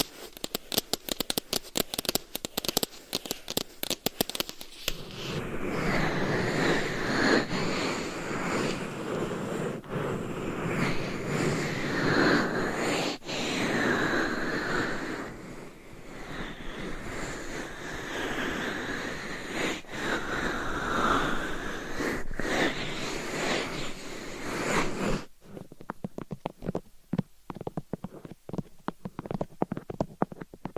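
Nail tapping and scratching on different items. Quick sharp taps open the first five seconds, then a dense, continuous rubbing scratch takes over for about twenty seconds, swelling and easing in waves. Scattered crisp taps return for the final stretch.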